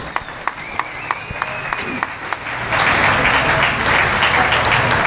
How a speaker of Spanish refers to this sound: Un fuerte aplauso para él, por favor.